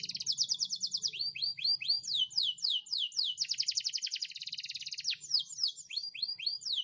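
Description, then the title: Canary singing rapid buzzy trills alternating with series of descending swept whistles, each phrase repeated several times, over a faint low hum. Canary singing in the cengkok mewah style. "Cengkok Kenari Mewah. KENARI CENGKOK MEWAH"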